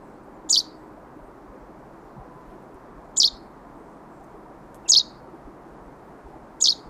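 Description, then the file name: Common chaffinch giving short, sharp high-pitched calls, four clear notes a few seconds apart over a faint low background hiss. "Fringilla coelebs"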